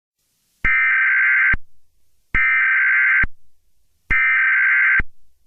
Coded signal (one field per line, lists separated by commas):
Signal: Emergency Alert System (SAME) tones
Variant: header bursts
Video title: EAS - Darkness Rise (Part 1)